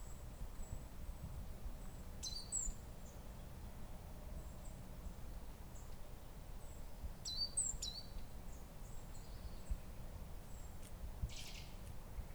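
Great tit song: faint, high, sharp two-note phrases heard twice, about five seconds apart, with thin high calls and a low rumble beneath.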